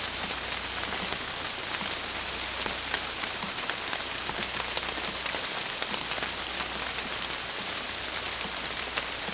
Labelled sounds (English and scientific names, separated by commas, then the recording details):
none
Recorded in secondary vegetation near Puerto Asís, Putumayo, Colombia, on 22 December 2024 at 19:30
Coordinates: 0.484, -76.319
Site GP06